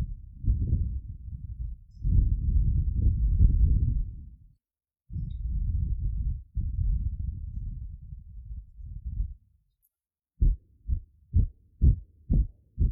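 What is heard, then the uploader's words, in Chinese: Soft breaths are blown into the ear, heard as low, muffled rushes of air lasting several seconds each with short silent gaps between. After a pause near the ten-second mark, the blowing turns into about six quick, evenly spaced puffs. 舒服的耳朵吹气。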